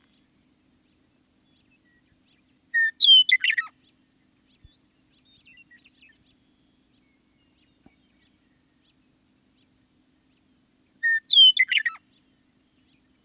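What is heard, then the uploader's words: A Western Meadowlark sings two bright, bubbling phrases, one near three seconds and another near eleven, each a quick run of descending whistled notes lasting about a second. Between them the background is quiet, with a few faint chirps and soft clicks. Western Meadowlark.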